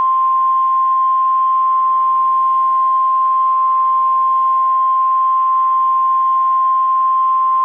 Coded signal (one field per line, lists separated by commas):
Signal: Emergency Alert System (SAME) tones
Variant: 1050 Hz attention tone